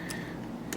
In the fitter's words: You should have a nice click there.